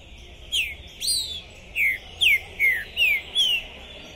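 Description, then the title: Green-winged saltator song: seven clear, slurred whistles falling in pitch, delivered in a steady quick sequence. Captive bird singing at the entrance of a singing tournament, warming up for the contest; described as calling, singing and acting territorial ("macheando"); 2021; song style called "pistoleiro". "ESQUENTAR Seu TRINCA Piando, Cantando E Macheando Na DISPUTA. Esse TRINCA FERRO ficou POSSUÍDO na PORTA do TORNEIO! Trinca Ferro Pistoleiro 2021!"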